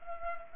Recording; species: mosquito wingbeat signal from an infrared sensor; Culex pipiens